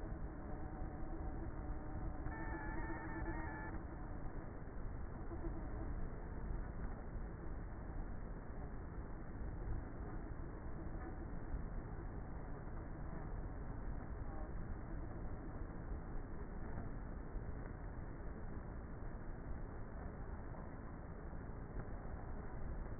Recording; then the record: honeybee colony, microphone inside the hive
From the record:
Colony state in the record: queenless with a low population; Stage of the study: before two queens were removed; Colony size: about 30,000 bees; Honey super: no